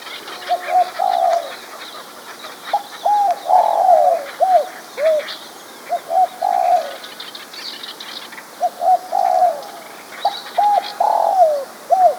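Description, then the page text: Spotted dove song, soft low coos repeated in several phrases, each a few short notes ending in a longer coo. "Spotted Dove Song Sound Effect. Quick Sounds"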